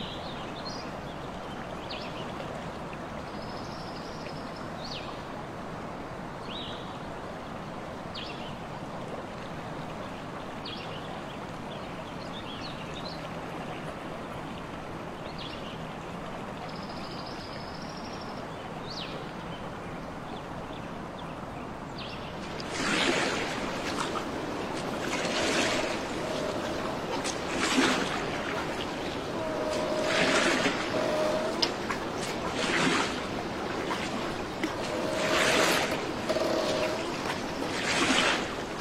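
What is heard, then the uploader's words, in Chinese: A real recording of natural ambient noise: for the first twenty-odd seconds a soft, steady wash with faint chirps or tones recurring every few seconds. Around 23 seconds it turns louder and denser, with rushing, splashing bursts like water or surf continuing to the end. 真实录制的大自然白噪音氛围。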